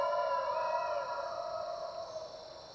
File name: Dingoes